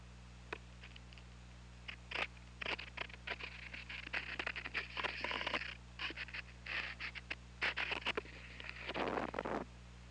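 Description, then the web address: Killer whale clicks heard underwater: many sharp clicks in irregular trains, with buzzy pulsed call bursts in the middle, over a steady low hum. Recorded with the OrcaLab hydrophone on 16 February 2018. "OL Orca Lab UTLN JASON 20180216 044135"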